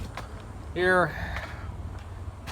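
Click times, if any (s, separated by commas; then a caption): 1.4 s. On a gray 2007 Pontiac Solstice, a section of the folded convertible top is popped down from outside the car into its locked position on the body while someone talks. A sharp click at 1.4 s marks the panel locking into place.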